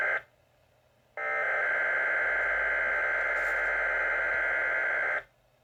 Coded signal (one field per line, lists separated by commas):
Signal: Emergency Alert System (SAME) tones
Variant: header bursts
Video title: Goodbye, AVIPaDS! All EAS Alerts from EAS#1 to EAS#12 (EAS Compilation #2)